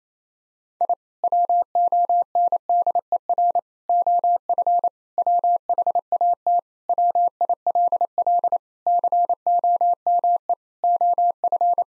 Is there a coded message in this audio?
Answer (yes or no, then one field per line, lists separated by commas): yes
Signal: Morse code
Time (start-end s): 0.8-11.8 s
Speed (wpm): 28 wpm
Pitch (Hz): 700 Hz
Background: none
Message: I WONDER OF WHAT WILL COME OF